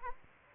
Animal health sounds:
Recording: mosquito wingbeat signal from an infrared sensor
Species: Aedes aegypti

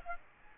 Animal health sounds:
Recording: mosquito wingbeat signal from an infrared sensor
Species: Aedes aegypti

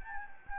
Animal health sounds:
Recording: mosquito wingbeat signal from an infrared sensor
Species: Anopheles gambiae

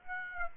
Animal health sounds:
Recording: mosquito wingbeat signal from an infrared sensor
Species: Aedes aegypti

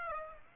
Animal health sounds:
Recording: mosquito wingbeat signal from an infrared sensor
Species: Aedes aegypti

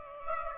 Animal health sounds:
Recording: mosquito wingbeat signal from an infrared sensor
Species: Aedes aegypti

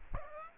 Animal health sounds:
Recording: mosquito wingbeat signal from an infrared sensor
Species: Aedes aegypti

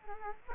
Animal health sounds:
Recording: mosquito wingbeat signal from an infrared sensor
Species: Culex quinquefasciatus

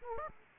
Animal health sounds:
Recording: mosquito wingbeat signal from an infrared sensor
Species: Aedes aegypti

